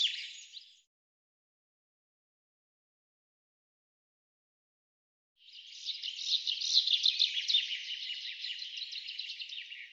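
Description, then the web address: Bird calling with a short fading twitter, then after a long silence a sustained run of dense, high chirping notes lasting over four seconds. "cianscape birddata Deverinetal 2025 Bird Fr Co"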